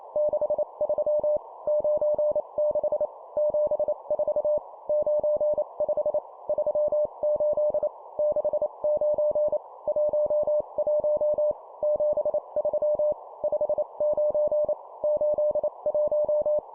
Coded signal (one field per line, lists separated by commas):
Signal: Morse code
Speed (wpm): 28 wpm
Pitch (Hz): 600 Hz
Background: none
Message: 63 96 74 95 38 69 11 73 59 81